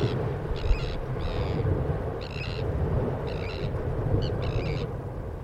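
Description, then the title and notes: Sandwich terns giving harsh, grating calls in short bursts, about six over five seconds, above a steady low roar of breaking waves. Sandwich terns calling over waves breaking on a shingle beach. "Sandwich terns calling over the waves falling on the shingle beach."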